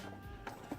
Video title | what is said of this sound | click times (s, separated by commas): Star Wars Episode 5 The Empire Strikes Back Slave 1 POTF | snap out there it goes and it snaps out and that's what it looks like it's | 0.5 s